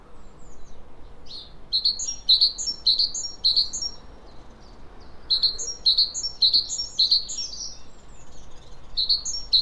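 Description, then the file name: Great tit giving quick runs of sharp, high see-sawing notes, two long bursts repeated at a lively pace over soft background hiss. "Parus major"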